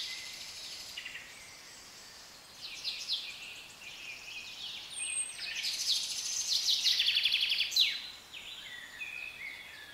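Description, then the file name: Birds in a mixed chorus, with overlapping high chirps, quick trills and descending notes that swell in the middle and fade. British birds. "Birds Atmosphere - Nature Sounds - British Birds"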